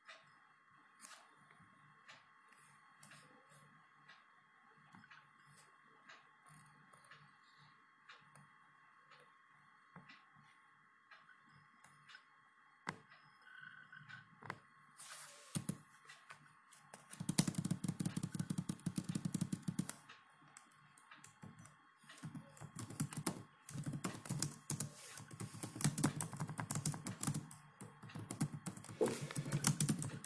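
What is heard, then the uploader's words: A clock ticks quietly under a faint steady hum for the first half, with scattered soft taps. From about 15 seconds the sounds grow louder and busier: rustling, scratching and clustered tapping like typing, loudest around 17–20 seconds and again near the end. Midnight study session, ticking of the clock, writing ASMR, page flipping and typing. You can hear the clock, me flipping pages, typing and writing.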